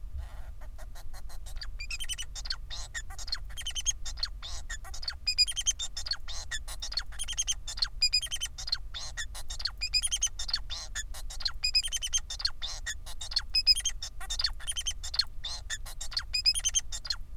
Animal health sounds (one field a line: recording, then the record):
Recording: song of a male Bengalese finch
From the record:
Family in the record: son of father 4